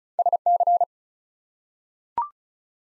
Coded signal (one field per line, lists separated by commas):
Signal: Morse code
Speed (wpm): 36 wpm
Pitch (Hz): 700 Hz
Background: none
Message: SC